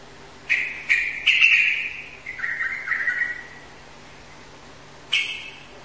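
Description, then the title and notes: Bird chirping: a few sharp chirps, then a run of rapid twittering notes that drops slightly in pitch, a pause, and one last chirp over a faint steady hum. "Bird Sound. Kicau Burung Lengkap"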